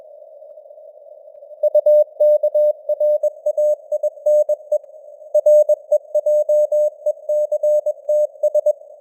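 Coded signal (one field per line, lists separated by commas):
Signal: Morse code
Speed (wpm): 21 wpm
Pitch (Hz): 600 Hz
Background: none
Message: UKRAINE REJECTS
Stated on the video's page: News headlines sent at 21 wpm with simulated radio noise and varying signal strength (QSB); a simulated signal.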